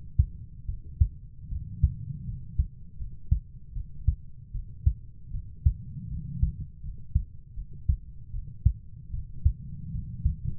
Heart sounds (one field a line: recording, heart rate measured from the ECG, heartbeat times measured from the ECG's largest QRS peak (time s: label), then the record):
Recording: heart sounds by stethoscope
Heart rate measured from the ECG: 78 bpm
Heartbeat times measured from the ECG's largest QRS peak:
0.67 s: heartbeat
1.50 s: heartbeat
2.26 s: heartbeat
2.98 s: heartbeat
3.74 s: heartbeat
4.53 s: heartbeat
5.32 s: heartbeat
6.10 s: heartbeat
6.82 s: heartbeat
7.55 s: heartbeat
8.32 s: heartbeat
9.12 s: heartbeat
9.92 s: heartbeat
From the record:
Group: healthy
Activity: cold pressor test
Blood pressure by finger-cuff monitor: 106/55 mmHg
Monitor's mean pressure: 73 mmHg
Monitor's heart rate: 78 bpm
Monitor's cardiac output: 7.9 L/min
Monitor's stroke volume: 100 mL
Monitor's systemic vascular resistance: 690 dyn s/cm5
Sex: female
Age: 22 years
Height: 160 cm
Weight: 63 kg